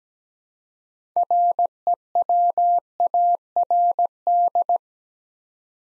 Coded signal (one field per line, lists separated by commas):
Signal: Morse code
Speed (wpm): 17 wpm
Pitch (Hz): 700 Hz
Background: none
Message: REWARD